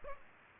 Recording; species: mosquito wingbeat signal from an infrared sensor; Culex pipiens